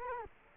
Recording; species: mosquito wingbeat signal from an infrared sensor; Culex quinquefasciatus